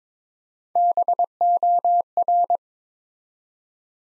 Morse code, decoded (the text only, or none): BOR